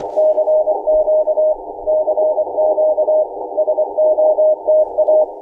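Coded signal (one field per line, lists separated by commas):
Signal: Morse code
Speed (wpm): 24 wpm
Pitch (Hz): 620 Hz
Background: none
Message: CQ CQ SOTA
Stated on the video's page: Summits On The Air activation on Cimarron Mesa, New Mexico.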